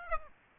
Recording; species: mosquito wingbeat signal from an infrared sensor; Aedes aegypti